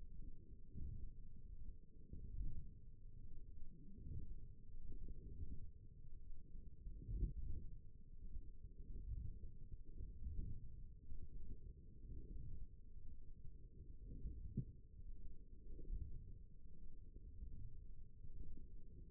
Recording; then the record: forearm muscle sounds (acoustic myography)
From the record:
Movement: wrist flexion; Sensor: system 1, eight BSWA MPA416 microphones around the upper forearm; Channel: 2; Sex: female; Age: 20 years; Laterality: right